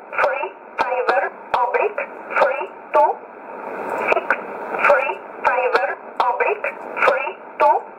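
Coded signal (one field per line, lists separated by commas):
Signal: numbers station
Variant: E11 Oblique, English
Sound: short spoken words at a steady pace over narrowband shortwave radio, with faint clicks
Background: radio static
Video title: 25 10 2019 E11 Oblique Numbers station in English 0717 on 9963 unknown tx site in USB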